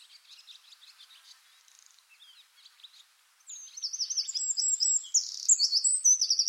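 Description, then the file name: Eurasian wren song: soft scattered chirps at first, then from about three and a half seconds a loud, rapid, high trilling burst that continues to the end. "Troglodytes troglodytes"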